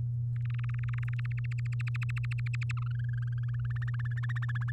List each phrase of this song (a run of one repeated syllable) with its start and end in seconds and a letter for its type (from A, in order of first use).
0.36-1.32 A, 1.38-2.72 B, 2.77-4.20 C, 4.23-4.71 D